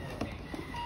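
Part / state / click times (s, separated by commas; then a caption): infant car seat into stroller frame / not seated / none. An infant car seat carrier for a Chicco Bravo Trio travel system is handled and lowered toward the stroller frame, where it auto-locks, with a brief bump at about 0.2 s over low background noise. Nothing has seated or clicked yet.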